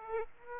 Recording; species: mosquito wingbeat signal from an infrared sensor; Aedes aegypti